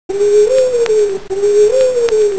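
Owl hooting: two long, smooth, steady hoots of about a second each, each swelling slightly in pitch midway, with faint clicks behind.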